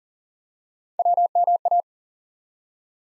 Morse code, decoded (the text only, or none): WMA